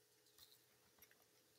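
A metal spike leg on the spring-loaded hinge of a flat camera support plate is pulled and rotated, giving small handling knocks and light ticks around 0.4 s and 1.0–1.1 s against a steady low hum. Nothing has seated or clicked into its locked position yet.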